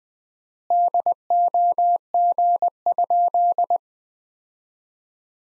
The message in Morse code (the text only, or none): DOG?